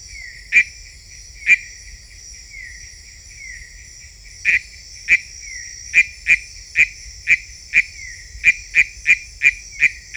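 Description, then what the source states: Philautus frog calling with scattered short notes and soft falling slurs, then speeding into a quicker run of clipped notes; faint high hum behind. Unidentified Philautus species labelled sp 7.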